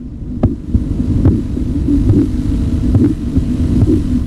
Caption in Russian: При сдавливании руки с помощью манжеты Рива Ротши возникают характерные чередующиеся звуки. На артерию ниже манжеты нужно поместить стетоскоп. Когда артерия пережата, ничего не слышно, но по мере падения давления в манжете появляется похлопывающий звук.